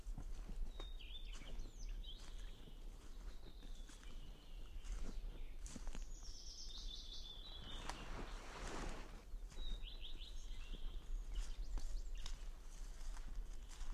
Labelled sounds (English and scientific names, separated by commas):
Common Redstart (Phoenicurus phoenicurus) song